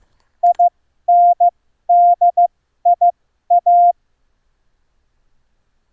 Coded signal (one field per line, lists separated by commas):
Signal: Morse code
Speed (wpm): 15 wpm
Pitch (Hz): 700 Hz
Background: none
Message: INDIA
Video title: Morse key setup, Reading Concepts and Morse code sending techniques (Special Edition in Hindi)